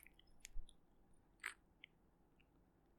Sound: kisses